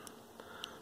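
A screwdriver is pushed in and twisted to pry a plastic relay cover on its relay base in a vintage Kenwood KA-8150 (KA-8100) integrated amplifier past its small latch. Faint scraping and small ticks come first, then a sharp click at 0.6 s as the latch lets go and the cover releases.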